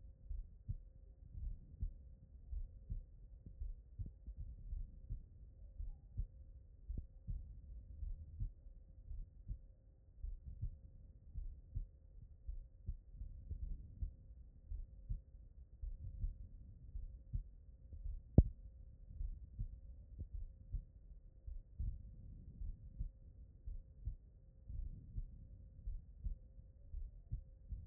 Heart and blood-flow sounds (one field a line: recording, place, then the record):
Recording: heart sounds by stethoscope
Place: pulmonary valve (PV)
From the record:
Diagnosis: non-HFrEF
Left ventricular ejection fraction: 72%